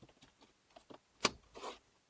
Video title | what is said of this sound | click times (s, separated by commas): How to Replace Toyota Highlander, Lexus RX330 Cabin & Engine Air Filter | then take this cover and it should simply snap in place | 1.3 s